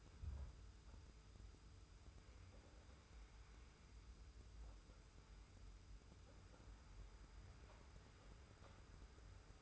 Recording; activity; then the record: daily activity, microphone in the room; wipe stove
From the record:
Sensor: 2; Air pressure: 991.4 hPa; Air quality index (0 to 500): 155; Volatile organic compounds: 575 ppm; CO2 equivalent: 4912 ppm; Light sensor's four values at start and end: 38/109/43/41 and 38/109/43/41